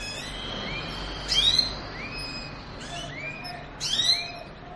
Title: Canto Para Esquentar Canário Belga. suara kenari kawin